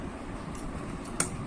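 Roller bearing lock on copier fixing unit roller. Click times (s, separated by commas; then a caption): 1.2 s. The roller bearing lock on the other side of the fixing roller of a Canon IR 5075 copier fixing unit is pressed until it locks. A sharp click at 1.2 s stands out over a low rumbling background, and the lock is seated. Someone talks.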